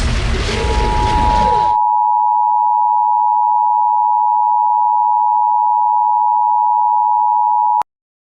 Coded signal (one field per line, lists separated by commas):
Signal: Emergency Alert System (SAME) tones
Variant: 853 and 960 Hz attention tone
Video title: The Event (An EAS Scenario)